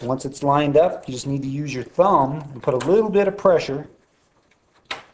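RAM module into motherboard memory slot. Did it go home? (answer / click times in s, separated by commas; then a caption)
yes / 4.9 s. A RAM memory module, lined up with the notches in a motherboard memory slot, is pressed down with the thumbs on both ends while someone talks. After the talking stops, a sharp click at 4.9 seconds marks the retention clips snapping shut as the module seats in the slot.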